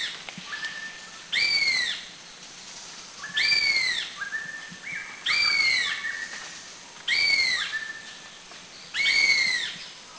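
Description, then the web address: Black-and-yellow broadbill calling, clear arched whistles that rise then fall, given about every two seconds, with softer, lower overlapping notes between. Recorded at Krung Ching, Thailand. "Thailand Krung Ching 09 Black-and-Yellow Broadbill"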